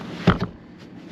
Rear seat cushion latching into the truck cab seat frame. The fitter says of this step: you could lock that back into place and you could also